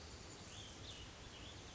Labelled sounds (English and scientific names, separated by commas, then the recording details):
Cassin's Vireo (Vireo cassinii)
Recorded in Sonoma County, California